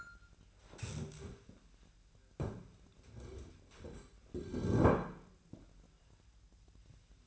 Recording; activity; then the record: daily activity, microphone in the room; stand up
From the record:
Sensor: 2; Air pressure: 1001.4 hPa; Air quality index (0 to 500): 242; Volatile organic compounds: 76 ppm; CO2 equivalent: 3576 ppm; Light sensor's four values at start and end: 10/23/10/10 and 7/18/7/8